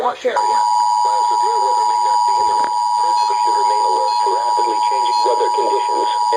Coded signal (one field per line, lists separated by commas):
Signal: Emergency Alert System (SAME) tones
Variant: 853 and 960 Hz attention tone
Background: speech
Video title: NOAA weather radio- tornado watch Eas #5